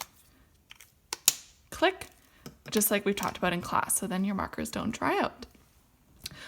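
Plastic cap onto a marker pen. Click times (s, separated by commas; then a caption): 1.3 s. A plastic cap is pushed onto a felt-tip marker pen, and after a few faint ticks it snaps on with a sharp plastic click at 1.3 s, seating the cap so the marker doesn't dry out. Someone then talks.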